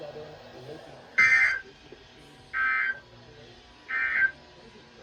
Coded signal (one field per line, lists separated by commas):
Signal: Emergency Alert System (SAME) tones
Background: speech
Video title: The Typical (EAS 536-548)